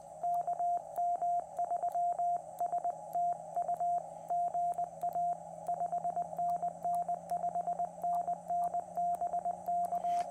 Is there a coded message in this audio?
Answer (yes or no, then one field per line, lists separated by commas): yes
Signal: Morse code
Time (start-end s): 0.2-10.2 s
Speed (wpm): 18 wpm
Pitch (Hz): 700 Hz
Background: radio noise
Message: KM3STU GA 5NN 5NN BK